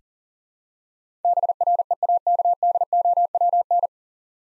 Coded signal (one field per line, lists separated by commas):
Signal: Morse code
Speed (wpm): 40 wpm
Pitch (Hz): 700 Hz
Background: none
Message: BREAKDOWN